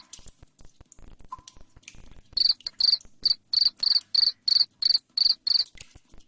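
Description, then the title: Cricket chirping: soft clicks at first, then a regular sequence of loud, shrill trilled pulses about three per second. Loud cricket chirping played to make lovebirds sing continuously. "Suara JANGKRIK NGERIK Keras Bikin LOVEBIRD Jadi NGEKEK Terus Vubey"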